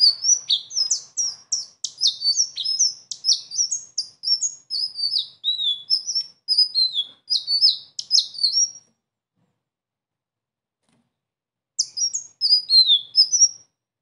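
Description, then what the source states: Sunbird singing a long, rapid, high-pitched twittering run of sharp chirps for nearly nine seconds, then silence, then another brief burst of the same twitter. Singing persistently (gacor) in a continuous rolling style (ngeroll) with fill-in phrases (isian); presented as a tutoring recording (masteran).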